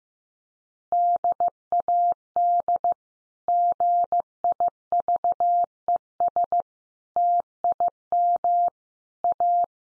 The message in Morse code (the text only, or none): DAD GIVES TIM A